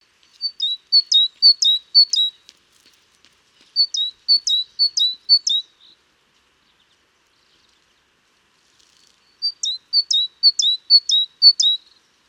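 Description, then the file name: Great tit song: three runs of several two-note phrases, high then lower, repeated rapidly, separated by silent pauses. "Parus major"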